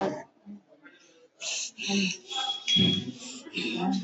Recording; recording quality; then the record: shallow breathing; moderate, slight background noise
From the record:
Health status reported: COVID-19 positive, mild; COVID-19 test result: positive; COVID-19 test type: RT-PCR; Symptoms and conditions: cough, cold, fever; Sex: female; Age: 26 years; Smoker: no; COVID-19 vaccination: both doses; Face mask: worn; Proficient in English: yes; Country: India